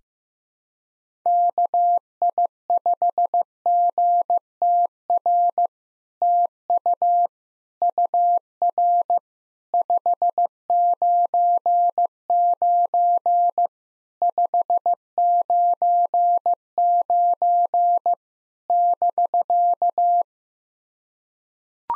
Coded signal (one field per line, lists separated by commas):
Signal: Morse code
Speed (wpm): 15 wpm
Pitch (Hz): 700 Hz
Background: none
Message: KI5GTR TU UR 599 599 <BK>